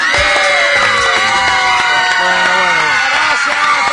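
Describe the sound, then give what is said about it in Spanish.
A girl's high, sustained scream rises over a loud, dense crowd cheering and shouting, with piercing voices that keep going for the full few seconds. “¡Grito de la piba!”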